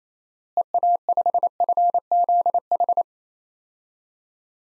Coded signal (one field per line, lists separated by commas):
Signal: Morse code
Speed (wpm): 28 wpm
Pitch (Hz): 700 Hz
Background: none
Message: EA5FZH